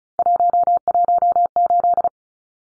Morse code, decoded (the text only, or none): 118